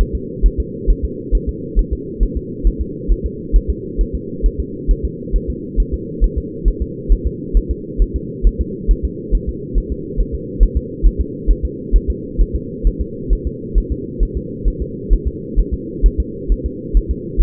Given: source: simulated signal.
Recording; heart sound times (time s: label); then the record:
fetal heart sounds
0.01 s: S1
0.15 s: S2
0.46 s: S1
0.60 s: S2
0.90 s: S1
1.05 s: S2
1.35 s: S1
1.49 s: S2
1.79 s: S1
1.93 s: S2
2.23 s: S1
2.37 s: S2
2.67 s: S1
2.81 s: S2
3.12 s: S1
3.26 s: S2
3.56 s: S1
3.70 s: S2
4.01 s: S1
4.15 s: S2
4.46 s: S1
4.60 s: S2
4.91 s: S1
5.05 s: S2
5.36 s: S1
5.50 s: S2
5.80 s: S1
5.94 s: S2
6.24 s: S1
6.38 s: S2
6.68 s: S1
6.82 s: S2
7.12 s: S1
7.27 s: S2
7.57 s: S1
7.71 s: S2
8.02 s: S1
8.16 s: S2
8.47 s: S1
8.61 s: S2
8.91 s: S1
9.05 s: S2
9.35 s: S1
9.49 s: S2
9.78 s: S1
9.92 s: S2
10.20 s: S1
10.35 s: S2
10.63 s: S1
10.77 s: S2
11.06 s: S1
11.21 s: S2
11.51 s: S1
11.65 s: S2
11.96 s: S1
12.10 s: S2
12.41 s: S1
12.56 s: S2
12.87 s: S1
13.01 s: S2
13.33 s: S1
13.47 s: S2
13.78 s: S1
13.92 s: S2
14.23 s: S1
14.37 s: S2
14.68 s: S1
14.82 s: S2
15.13 s: S1
15.28 s: S2
15.59 s: S1
15.74 s: S2
16.06 s: S1
16.20 s: S2
16.52 s: S1
16.66 s: S2
16.97 s: S1
17.11 s: S2
17.41 s: S1
From the record:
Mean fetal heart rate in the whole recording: 135 bpm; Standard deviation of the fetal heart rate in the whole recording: 3 bpm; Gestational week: 36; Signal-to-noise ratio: -4.1 dB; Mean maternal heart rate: no maternal heart sound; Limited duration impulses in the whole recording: absent